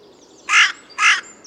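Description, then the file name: Carrion crow giving two rough, grating caws about half a second apart, with a third call starting at the end. "Corvus corone"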